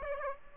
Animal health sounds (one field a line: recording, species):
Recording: mosquito wingbeat signal from an infrared sensor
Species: Aedes aegypti